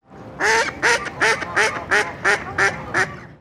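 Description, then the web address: Duck quacking: eight loud, nasal quacks in a steady, even series. "sonido pato"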